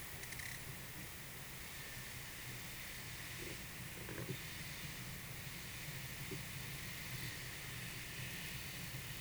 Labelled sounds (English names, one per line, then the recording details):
none
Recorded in pastures near Puerto Asís, Putumayo, Colombia, on 22 June 2025 at 12:30
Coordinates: 0.486, -76.323
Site H29